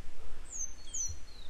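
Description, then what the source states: Grey wagtail calling, two sharp high notes sliding downward, followed by a fainter, lower thin whistle, with low rumbling noise underneath. A pair of grey wagtails still searching for their young today; follow-up recording.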